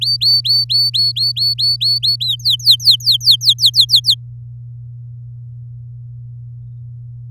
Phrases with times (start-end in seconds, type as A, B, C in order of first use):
0.01-2.16 A, 2.20-4.15 B